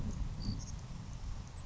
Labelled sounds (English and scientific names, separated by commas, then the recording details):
Savannah Sparrow (Passerculus sandwichensis)
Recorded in Sonoma County, California